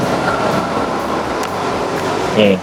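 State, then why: Not seated. A chin strap tongue is lined up with the micro-lock buckle on an RSV Windbreaker half-face helmet before fastening. Someone talks over a steady background hum, with a brief louder voiced sound near 2.4 seconds. Nothing has clicked or seated yet.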